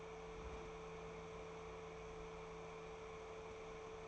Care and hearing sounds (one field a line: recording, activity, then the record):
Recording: daily activity, microphone in the room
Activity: open fridge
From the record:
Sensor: 1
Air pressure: 1014.9 hPa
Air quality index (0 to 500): 191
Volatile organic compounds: 21 ppm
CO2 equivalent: 2710 ppm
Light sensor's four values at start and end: 11/28/11/12 and 11/28/11/13